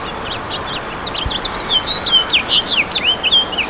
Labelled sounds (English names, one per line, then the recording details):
House Finch song
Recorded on Long Island, New York, on 22 June 2012
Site AU
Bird B